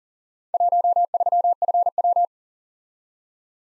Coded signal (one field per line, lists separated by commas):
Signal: Morse code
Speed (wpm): 42 wpm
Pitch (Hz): 700 Hz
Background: none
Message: 13FW